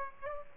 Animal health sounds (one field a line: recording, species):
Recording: mosquito wingbeat signal from an infrared sensor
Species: Aedes aegypti